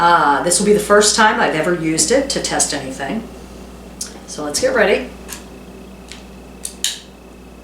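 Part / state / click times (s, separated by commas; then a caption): digital thermometer probe into its housing / seated / 6.8 s. Someone talks while getting a new digital kitchen thermometer ready, then pushes the probe into its housing. A few light knocks follow, and a sharp, loud click at 6.8 s marks the probe seating in place.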